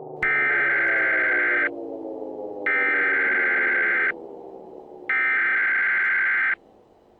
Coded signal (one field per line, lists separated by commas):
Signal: Emergency Alert System (SAME) tones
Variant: header bursts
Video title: EAS Mini Scenario #2 - Moore, Oklahoma May 3 Tornado Warning